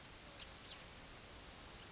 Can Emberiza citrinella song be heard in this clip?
no